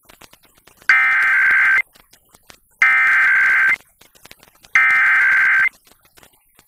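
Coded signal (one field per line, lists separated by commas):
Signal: Emergency Alert System (SAME) tones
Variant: header bursts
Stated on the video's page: Required Monthly Test captured off the air from an FM broadcast station.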